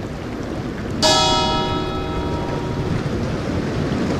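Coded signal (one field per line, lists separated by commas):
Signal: bell signal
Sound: one clear bell stroke ringing out and slowly fading over steady background hiss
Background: surf or rain hiss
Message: 1 stroke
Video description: A bell was used as the fog signal. The bell rang once followed by 15 seconds of silence.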